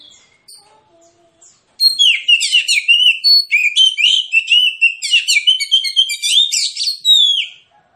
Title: Kacer Langsung Tarung Konslet KACER NGOTOT FULL TEMBAKAN. Kicau Kacer santaiterapi Kacer males bunyi